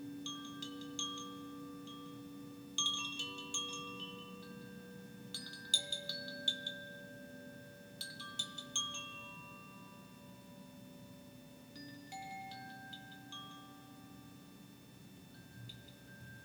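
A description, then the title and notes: Crystal and Tibetan bowls ring in long, steady tones, with a low hum sustaining underneath throughout. Bright chiming strikes arrive in clusters around three, five to six, and eight to nine seconds, then sparser ones later, each fading slowly into the drone. The journey is a soundscape of crystal & tibetan bowls.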